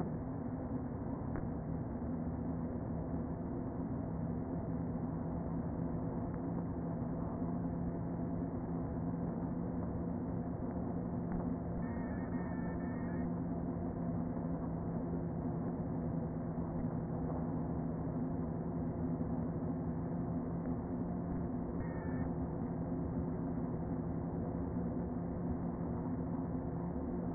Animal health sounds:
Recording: honeybee colony, microphone inside the hive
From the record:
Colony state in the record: queen present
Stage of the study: before two queens were removed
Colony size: about 60,000 bees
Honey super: yes

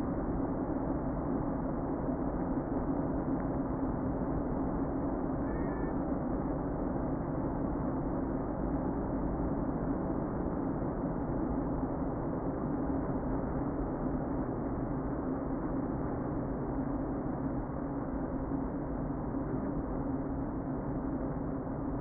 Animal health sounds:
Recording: honeybee colony, microphone inside the hive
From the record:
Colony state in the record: queen present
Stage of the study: before two queens were removed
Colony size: about 60,000 bees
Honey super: yes

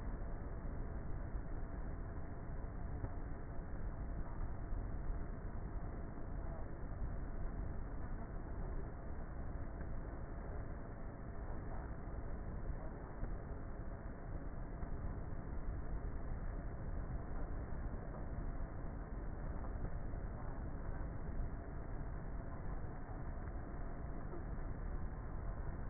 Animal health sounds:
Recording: honeybee colony, microphone inside the hive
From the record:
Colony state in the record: queenless with a low population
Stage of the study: before two queens were removed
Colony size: about 30,000 bees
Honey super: no

